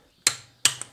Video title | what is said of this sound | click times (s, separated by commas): Räder wechseln beim Tesla Model S: Das sollte man beachten -- Strom-Garage -- | Jetzt machen wir das Ganze nochmal und dann halt bis es knackt. | 0.3 s, 0.6 s